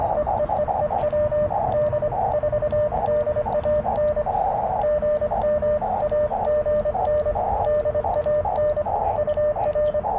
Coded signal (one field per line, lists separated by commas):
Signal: Morse code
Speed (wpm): 25 wpm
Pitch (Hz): 600 Hz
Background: radio noise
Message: E E E E W D 4 DAN GM AGN DAN UR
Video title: Partial POTA at US-4567